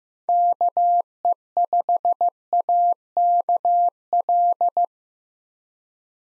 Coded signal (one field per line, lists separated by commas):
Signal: Morse code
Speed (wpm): 15 wpm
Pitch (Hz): 700 Hz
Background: none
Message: KE5AKL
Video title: 2023 SOTA Activator Call Signs - 15wpm